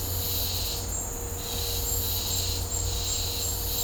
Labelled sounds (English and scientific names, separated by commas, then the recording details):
none
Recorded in dense forest near Puerto Asís, Putumayo, Colombia, on 22 December 2024 at 16:00
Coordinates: 0.503, -76.323
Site G043